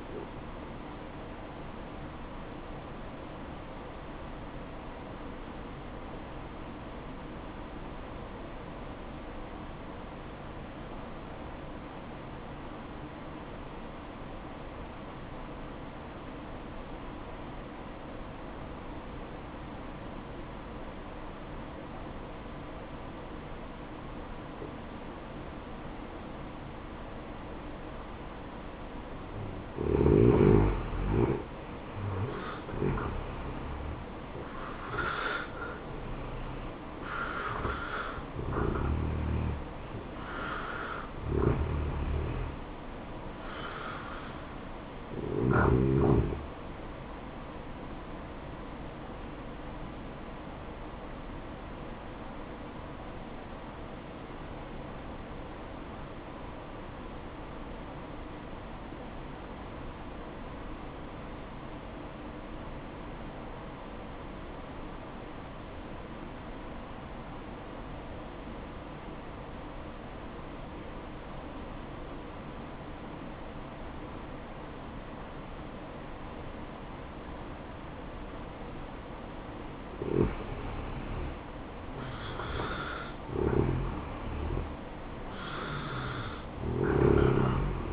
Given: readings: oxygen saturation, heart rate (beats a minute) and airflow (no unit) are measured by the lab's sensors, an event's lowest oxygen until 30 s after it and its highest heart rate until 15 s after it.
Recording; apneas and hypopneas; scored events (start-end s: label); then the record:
breathing in sleep by a voice recorder at the bedside; 2
4.00-31.40 s: obstructive apnea (N1, oxygen 93% highest, then 77% lowest, heart rate 69 at the start, 74 highest)
52.00-81.00 s: obstructive apnea (N1, oxygen 95% highest, then 86% lowest, heart rate 60 at the start, 70 highest)
63.00-87.93 s: new sleep stage, N2 (light sleep)
From the record:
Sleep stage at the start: N1 (lightest sleep); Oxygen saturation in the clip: 72 to 95%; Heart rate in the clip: 59 to 76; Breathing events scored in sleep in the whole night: 573 in 9.8 hours asleep